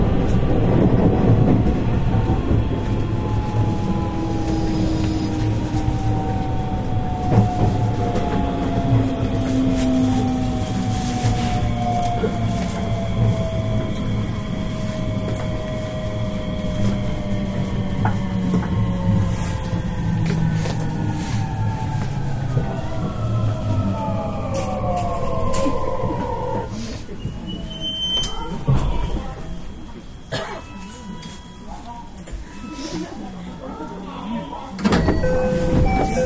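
A JR West 223 series train running, with a steady low rumble and a layered whine that holds its pitch, then slides downward through the middle as the train slows around 20 to 27 seconds. Scattered clicks and thumps from the track continue throughout.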